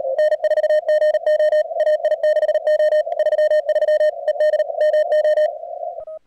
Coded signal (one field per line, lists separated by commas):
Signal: Morse code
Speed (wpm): 34 wpm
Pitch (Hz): 620 Hz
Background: radio noise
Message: N4GO AI6O 33 ED MO